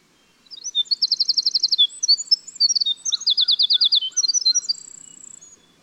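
Winter wren pouring out a rapid, very high song of twitters and two crisp trills, ending in a thin high buzz.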